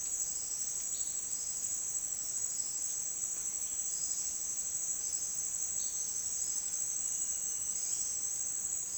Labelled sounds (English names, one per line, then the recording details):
none
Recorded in dense forest near Puerto Asís, Putumayo, Colombia, on 23 June 2025 at 09:30
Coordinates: 0.466, -76.327
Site GP04